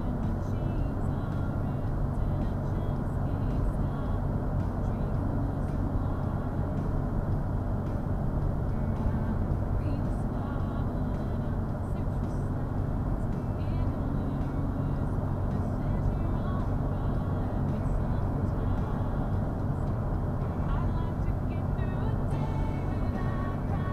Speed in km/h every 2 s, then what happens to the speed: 82, 81, 82, 81, 82, 81, 84, 82, 82, 82, 82, 82.
0-24 steady at about 82.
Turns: none.